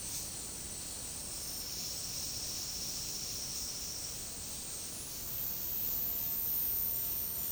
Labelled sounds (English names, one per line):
none